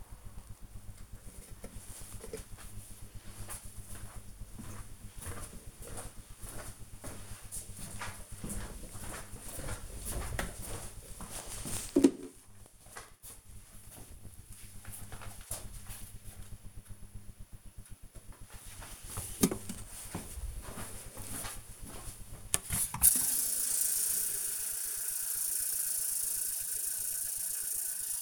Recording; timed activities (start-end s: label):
household activities, microphone on the right wrist
17.48-28.21 s: watering plant